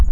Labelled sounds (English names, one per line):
Black-throated Gray Warbler flight call